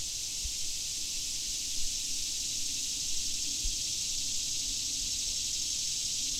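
Swamp cicada chorus, a steady unbroken high buzz holding at one level throughout, with a few faint low thumps underneath.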